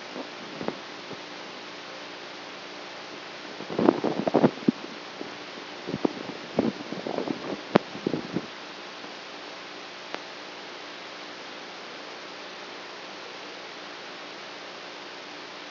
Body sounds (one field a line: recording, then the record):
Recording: brain microelectrode recording played as sound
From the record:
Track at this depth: outside the subthalamic nucleus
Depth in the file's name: -0.71 mm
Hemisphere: right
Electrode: 3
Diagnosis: Parkinson's disease